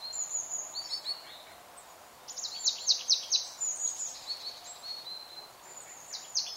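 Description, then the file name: Marsh tit calling, brief high notes grouped in fast series over a steady hiss. "Poecile palustris"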